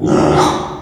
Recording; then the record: squeal of a Yucatan mini pig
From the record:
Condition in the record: after surgery on the right vocal fold (resection and tissue-engineered implant); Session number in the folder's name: 3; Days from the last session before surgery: 33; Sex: male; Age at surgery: 12 weeks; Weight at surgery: 13 kg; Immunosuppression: cyclosporine, prednisolone